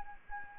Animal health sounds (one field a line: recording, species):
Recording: mosquito wingbeat signal from an infrared sensor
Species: Anopheles arabiensis